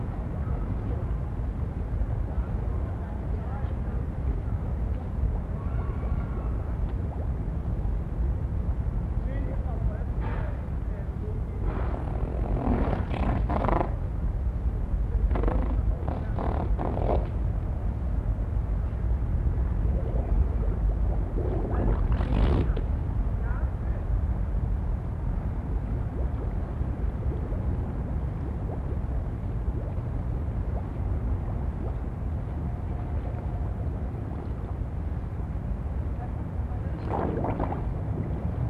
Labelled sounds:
Harbor Seal (Phoca vitulina)

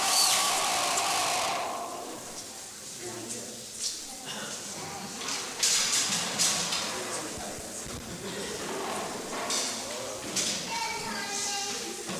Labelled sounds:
Owl-faced Monkey (Cercopithecus hamlyni)

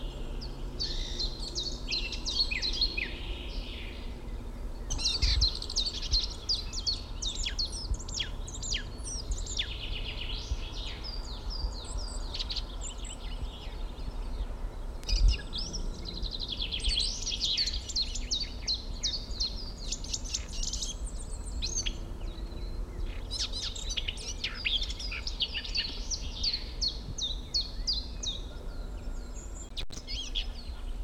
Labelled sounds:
Eurasian Blackcap (Sylvia atricapilla) song

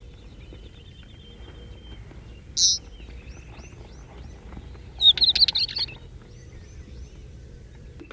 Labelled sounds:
Northern Wheatear (Oenanthe oenanthe)

